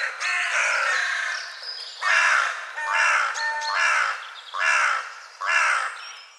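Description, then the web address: Bird calling with loud, rasping caws repeated steadily, a little faster than one per second, each note harsh and broad. "cianscape birddata Deverinetal 2025 File cleaned normalized Bird"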